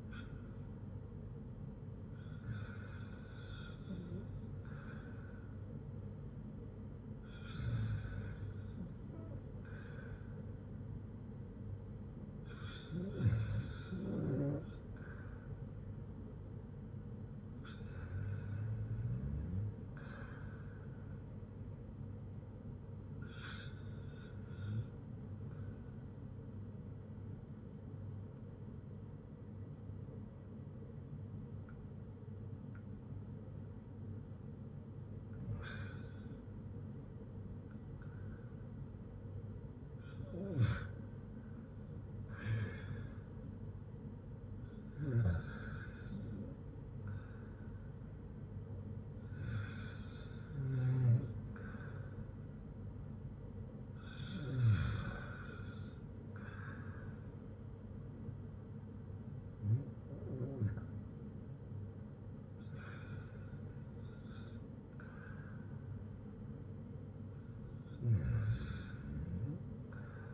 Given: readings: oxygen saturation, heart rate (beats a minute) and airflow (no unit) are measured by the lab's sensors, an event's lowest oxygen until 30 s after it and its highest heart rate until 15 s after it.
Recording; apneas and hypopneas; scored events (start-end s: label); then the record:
breathing in sleep by a smartphone at the bedside; 1
27.00-44.30 s: hypopnea (REM, oxygen 94% highest, then 91% lowest, heart rate 60 at the start, 63 highest)
From the record:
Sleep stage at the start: REM sleep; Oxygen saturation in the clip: 86 to 95%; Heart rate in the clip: 59 to 70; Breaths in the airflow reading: 13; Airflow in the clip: -7.5 to 7.0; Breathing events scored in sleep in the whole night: 182 in 7.4 hours asleep